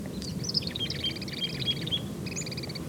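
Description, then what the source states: Chickadee calls: a long run of rapid, repeated high notes, then after a short pause a shorter run of evenly spaced notes, over low background noise. Has just become vocal while foraging; one of two with a flock of ten or more pygmy nuthatches.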